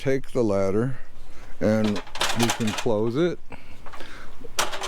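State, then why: Seated. Someone talks while a multi-position ladder is folded fully closed. At 4.6 s a sharp click sounds as the hinge lock buttons pop back out into place, locking the ladder in the closed position.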